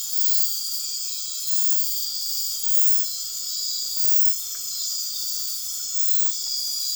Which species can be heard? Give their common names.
none